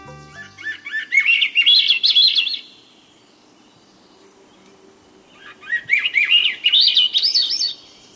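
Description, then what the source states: Swainson's thrush singing: two flute-like spiraling phrases that climb upward in pitch, the second starting about three seconds after the first ends. Melodious spiraling song heard in late spring in the forests of the North and West.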